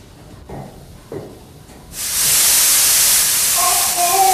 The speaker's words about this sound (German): Mein Gott. Mein Gott, ein Dampfrohr ist geplatzt.